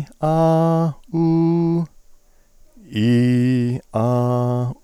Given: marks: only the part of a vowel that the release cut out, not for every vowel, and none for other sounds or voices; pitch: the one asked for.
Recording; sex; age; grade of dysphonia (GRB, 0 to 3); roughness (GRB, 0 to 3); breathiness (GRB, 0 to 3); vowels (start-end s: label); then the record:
sustained vowels; male; 60 to 69 years; 1; 1; 1
0.29-0.86 s: vowel /a/, high pitch
1.20-1.79 s: vowel /u/, high pitch
3.04-3.71 s: vowel /i/, low pitch
4.03-4.65 s: vowel /a/, low pitch
From the record:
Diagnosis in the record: cyst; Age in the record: 64 years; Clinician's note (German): Intraepithelisch